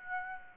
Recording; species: mosquito wingbeat signal from an infrared sensor; Aedes aegypti